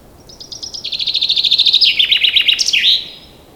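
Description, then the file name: Common chaffinch singing one full phrase, thin repeated notes accelerating into a descending trill and closing with a bright terminal flourish; quiet background otherwise. "Fringilla coelebs"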